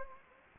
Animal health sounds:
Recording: mosquito wingbeat signal from an infrared sensor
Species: Anopheles gambiae

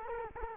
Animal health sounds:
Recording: mosquito wingbeat signal from an infrared sensor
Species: Culex quinquefasciatus

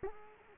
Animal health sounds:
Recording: mosquito wingbeat signal from an infrared sensor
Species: Culex quinquefasciatus

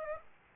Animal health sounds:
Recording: mosquito wingbeat signal from an infrared sensor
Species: Aedes aegypti

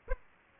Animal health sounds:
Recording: mosquito wingbeat signal from an infrared sensor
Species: Aedes aegypti

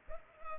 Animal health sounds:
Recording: mosquito wingbeat signal from an infrared sensor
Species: Culex pipiens

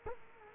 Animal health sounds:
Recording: mosquito wingbeat signal from an infrared sensor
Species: Culex quinquefasciatus

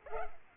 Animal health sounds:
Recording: mosquito wingbeat signal from an infrared sensor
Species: Culex pipiens

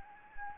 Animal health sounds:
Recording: mosquito wingbeat signal from an infrared sensor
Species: Anopheles gambiae

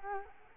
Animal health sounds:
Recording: mosquito wingbeat signal from an infrared sensor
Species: Culex quinquefasciatus

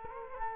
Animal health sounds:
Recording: mosquito wingbeat signal from an infrared sensor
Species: Culex quinquefasciatus

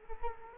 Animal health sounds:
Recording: mosquito wingbeat signal from an infrared sensor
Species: Culex quinquefasciatus

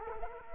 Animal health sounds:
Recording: mosquito wingbeat signal from an infrared sensor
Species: Culex quinquefasciatus

